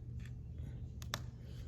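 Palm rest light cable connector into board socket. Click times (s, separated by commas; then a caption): 1.1 s. A palm rest logo light cable connector on a Lenovo Yoga 11e Gen 5 laptop is pressed into its socket on the board. A small tick at 1.0 s is followed by a sharp, louder click at 1.1 s over a low background hum. The connector snaps in place and is seated.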